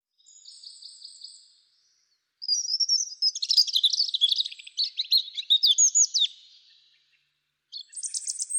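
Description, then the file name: European robin singing: a faint thin whistled opening, then a long, rich jumble of rapid warbles and sharp high notes, ending on a bright trill after a pause. "Erithacus rubecula"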